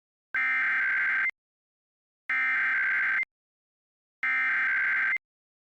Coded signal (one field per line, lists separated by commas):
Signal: Emergency Alert System (SAME) tones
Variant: header bursts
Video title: IP - Required MONTHLY Test - NO EAS